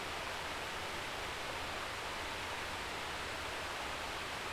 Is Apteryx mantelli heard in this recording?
no